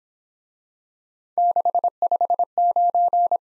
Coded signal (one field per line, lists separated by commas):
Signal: Morse code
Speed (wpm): 26 wpm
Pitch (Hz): 700 Hz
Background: none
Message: 659